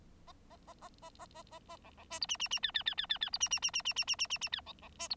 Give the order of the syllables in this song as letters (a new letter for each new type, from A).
A A A A A A A A A B B C D E E E F F F F F F D E E E E E E E E E E F B B C D